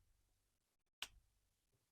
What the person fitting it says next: and it gives you a really satisfying snap too